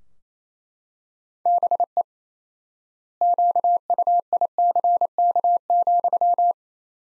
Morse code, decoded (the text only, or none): BE QUICK,